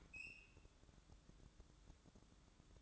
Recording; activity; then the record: daily activity, microphone in the room; open fridge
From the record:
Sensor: 3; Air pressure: 1007.7 hPa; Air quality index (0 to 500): 67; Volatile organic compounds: 1 ppm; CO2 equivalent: 633 ppm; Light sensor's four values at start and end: 13/30/13/13 and 13/30/13/13